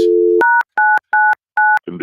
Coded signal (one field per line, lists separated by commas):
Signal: DTMF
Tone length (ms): 220 ms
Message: #999